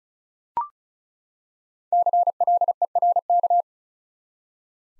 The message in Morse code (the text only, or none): CLERK